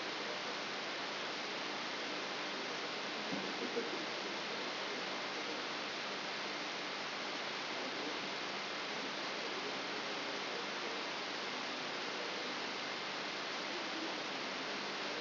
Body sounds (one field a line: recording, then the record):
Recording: brain microelectrode recording played as sound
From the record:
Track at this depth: inside the subthalamic nucleus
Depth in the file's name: 4.102 mm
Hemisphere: left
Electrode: 3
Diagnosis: Parkinson's disease